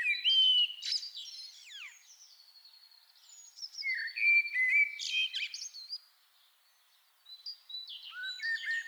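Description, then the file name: Common blackbird song: a low fluted warble near the start, then squeaky high twittering phrases, a pause, and another burst of fluty notes with high chatter at the end. "Turdus merula"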